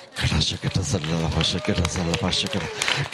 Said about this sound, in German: Und das ist, stampf mit deinem Fuß auf, links und rechts, stampf auf und sag, es ist. Es ist vollbracht.